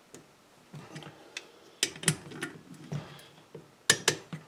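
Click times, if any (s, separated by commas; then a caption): 3.9 s, 4.1 s. A click-type torque wrench is used to check the torque on another cylinder head bolt of a small engine, with soft ticks and louder ratcheting knocks around 1.8 and 2.1 s as it is pulled. The wrench breaks over with sharp clicks at 3.9 s and 4.1 s, confirming the bolt has reached the torque setting.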